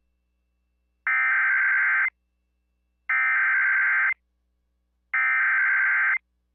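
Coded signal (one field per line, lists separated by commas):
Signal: Emergency Alert System (SAME) tones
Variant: header bursts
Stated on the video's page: Mix of EAS alerts: weekly tests, local area emergencies and civil emergency messages.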